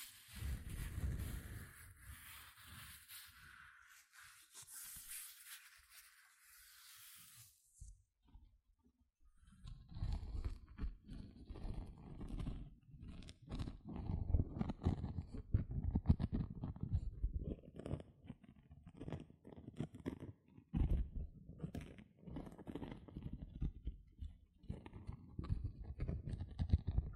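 Gentle scratching plays throughout: a dense, irregular patter of soft rubbing and tiny ticks. For the first seven seconds a bright, steady hiss sits over low muffled thumps, then it cuts out, leaving quieter, crisper scratches that swell and fade unevenly until the end.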